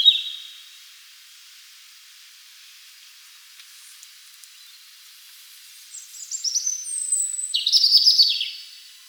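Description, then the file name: European robin song: a thin high note, a long pause, then a burst of sweet, high, tumbling warbled phrases near the end. "Erithacus rubecula"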